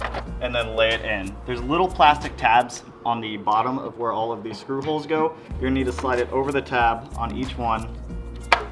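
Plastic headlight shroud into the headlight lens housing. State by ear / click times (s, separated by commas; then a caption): seated / 8.5 s. A plastic headlight shroud for a Subaru is slid over the small plastic tabs under its screw holes and laid into the headlight lens housing while someone talks over background music. A sharp click at 8.5 s marks the shroud seating onto the tabs.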